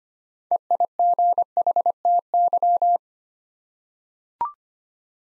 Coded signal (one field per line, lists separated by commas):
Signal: Morse code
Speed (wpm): 25 wpm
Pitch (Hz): 700 Hz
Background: none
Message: EIGHTY